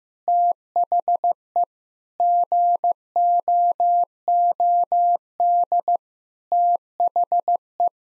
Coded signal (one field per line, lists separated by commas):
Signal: Morse code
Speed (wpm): 15 wpm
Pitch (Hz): 700 Hz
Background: none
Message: THE GOOD THE